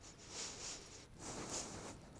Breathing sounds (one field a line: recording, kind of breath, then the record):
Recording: one breath in and out by a microphone near the nose and mouth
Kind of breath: strong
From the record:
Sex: male